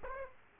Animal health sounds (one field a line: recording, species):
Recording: mosquito wingbeat signal from an infrared sensor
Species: Aedes aegypti